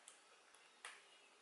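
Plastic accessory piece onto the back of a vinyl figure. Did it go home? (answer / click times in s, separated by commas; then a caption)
yes / 0.1 s, 0.9 s. A plastic piece is pulled off a vinyl collectible figure, and a feathered plastic back piece is fitted onto the back of the figure in its place. A short, sharp tick sounds at 0.1 s, then a louder, brighter snap at 0.9 s over a steady hiss. The back piece snaps into place and is seated.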